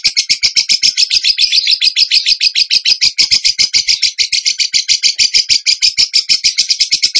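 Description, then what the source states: Bird song: a fast, unbroken string of high, sharp chirps repeated several times a second, steady and loud throughout with no other sounds. Masteran (training recording) in the tembakan gacor song style.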